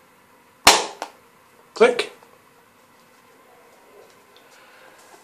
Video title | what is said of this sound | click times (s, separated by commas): Matched pair of straight razors, shave test | you can see the cases very nice it closes with a nice click | 0.7 s